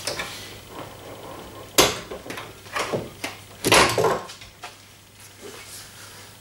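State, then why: Released. A rear luggage rack is pulled off its quick-release click-and-connect docking points on a 2018 Harley Davidson Softail Heritage Classic motorcycle, and the fitting makes it easy to take off. A sharp metallic click at 1.8 s marks the rack releasing, followed by clunks and rattles around 2.3, 3.2 and 3.7 s as it is lifted away. The rack comes free of the fitting.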